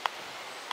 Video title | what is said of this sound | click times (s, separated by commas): Should you carry your knife "scout" style? | click into place just like that as long as you don't overt treat your leather | 0.1 s, 0.7 s